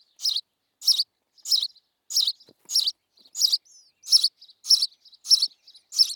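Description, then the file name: House sparrow giving a steady run of coarse chirps roughly every half second, with a brief thin whistled note midway. "Passer domesticus"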